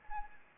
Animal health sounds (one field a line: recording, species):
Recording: mosquito wingbeat signal from an infrared sensor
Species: Anopheles arabiensis